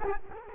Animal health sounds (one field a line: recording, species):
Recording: mosquito wingbeat signal from an infrared sensor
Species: Culex quinquefasciatus